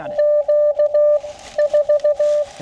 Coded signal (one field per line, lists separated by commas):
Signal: Morse code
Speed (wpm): 16 wpm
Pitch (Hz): 590 Hz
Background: speech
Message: Q 4